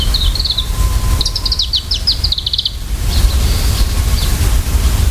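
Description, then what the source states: Varied tit calls: a run of quick, high, stepped notes, then softer wavering notes, over a loud low rumble. Call (jinaki), not song.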